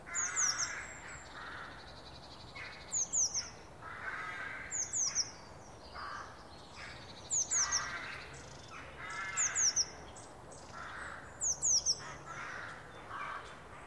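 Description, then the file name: Eurasian blue tit calls: six bursts of two or three very high, thin, falling notes, spaced roughly two seconds apart, over steady background noise. "Cyanistes caeruleus"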